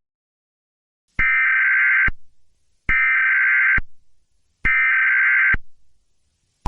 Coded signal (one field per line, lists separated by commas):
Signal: Emergency Alert System (SAME) tones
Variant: header bursts